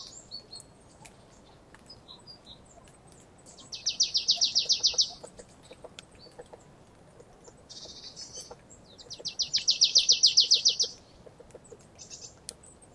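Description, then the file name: Marsh tit singing two rapid rattling series of sharp, high repeated notes, each lasting over a second, with faint scattered chips and soft ticking between. "Poecile palustris"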